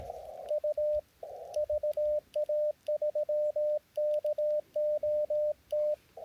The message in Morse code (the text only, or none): U VA3KOT